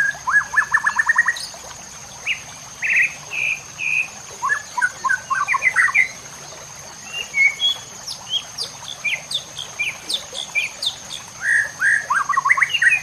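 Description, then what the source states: White-rumped shama song, a varied run of short whistled phrases, chirps and quick slurred notes delivered in bursts with brief pauses, a constant thin high tone behind. Masteran (training recording for cage birds) of white-rumped shama, locally murai batu, labelled labaik.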